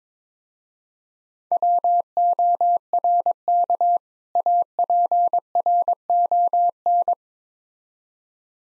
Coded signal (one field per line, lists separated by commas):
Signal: Morse code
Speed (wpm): 24 wpm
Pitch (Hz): 700 Hz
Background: none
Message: WORK APRON